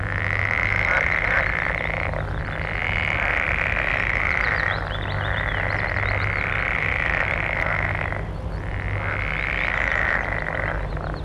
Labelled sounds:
Edible Frog call
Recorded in the wild
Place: Mühlenbecker Land, Brandenburg, DE
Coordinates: 52.6833, 13.4
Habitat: pond
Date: 1964-05-18 17:00
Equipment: Minifon, Kopie Smaragd
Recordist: Tembrock, Günter

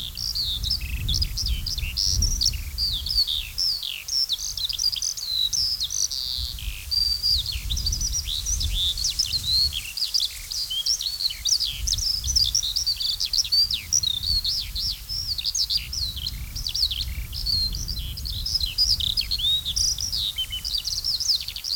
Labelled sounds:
Eurasian Skylark
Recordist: Tembrock, Günter

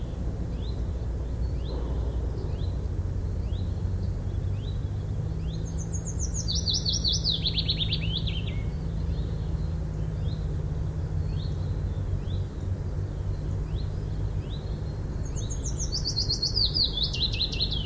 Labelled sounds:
Willow Warbler song
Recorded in the wild
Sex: male
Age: adult
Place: Burgholz bei Tübingen, Baden-Württemberg, DE
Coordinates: 48.5039, 9.23833
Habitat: thicket
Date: 1966-04-20
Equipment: Nagra III PH, kleiner englischer Parabolspiegel, LGS26
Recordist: Schneider, Hans-Joachim
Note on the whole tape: Männchen: Gesang. Singt in gewissen Zügen Zilpzalp-artig

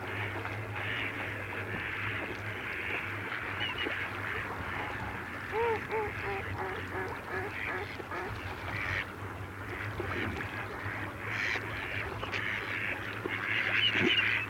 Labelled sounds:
Mallard call
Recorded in the wild
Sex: male
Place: Putbus, Insel Rügen, Mecklenburg-Vorpommern, DE
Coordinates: 54.336, 13.464
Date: 1980-02-24
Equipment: Nagra III BH, Sennheiser MD 21, parabola
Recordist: Schubert, Michael

